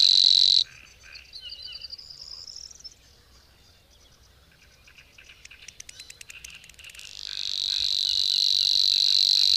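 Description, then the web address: Savi's warbler song: a brief reel stops, then soft buzzy rising notes and dry clicking ticks follow before a loud, steady reeling trill takes over at the end. "agykontroll Madardalok Cd 3. Nádi tücsökmadár"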